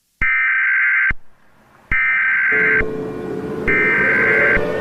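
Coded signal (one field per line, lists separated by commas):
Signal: Emergency Alert System (SAME) tones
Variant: header bursts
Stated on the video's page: Fictional EAS scenario, not a real alert.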